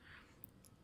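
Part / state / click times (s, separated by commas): metal terminal pin in a plastic female wiring-harness connector / released / 0.4 s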